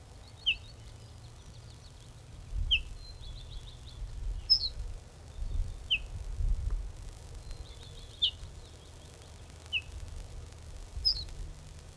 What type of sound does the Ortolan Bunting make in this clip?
alarm call